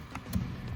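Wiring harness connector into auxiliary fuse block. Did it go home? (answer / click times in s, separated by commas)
no / none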